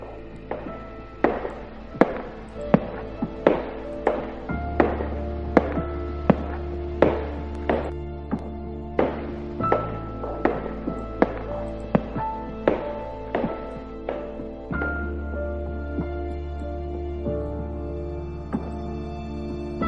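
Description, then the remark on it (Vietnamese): Sharp clicks of a nurse's high heels strike a hospital floor in a steady walking rhythm, roughly one every half second, over a sustained low musical drone with soft tonal notes. No one speaks. “Cho đến khi cô mệt mỏi, cô nhắm chặt mắt, chỉ còn lại những tiếng bước chân trên đôi giày cao gót của y tá nện trên nền bệnh viện.”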